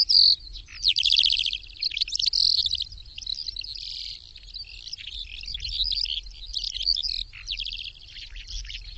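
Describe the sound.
Bird song opens with a sharp whistle, then rattling trills and jumbled high chirps continue at a steady, slightly quieter level.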